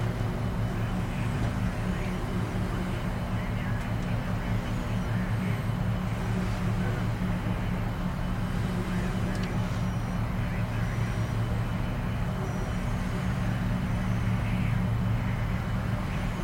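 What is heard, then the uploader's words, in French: Shuttle cabin ambience: a steady, dense low engine drone with a constant hum that holds level for the whole stretch. Faint murmured voices rise and fall in the mid range, and occasional soft clicks and rattles surface every few seconds. Vol Spatial | Ambiance Cabine de Navette pour un Sommeil Profond.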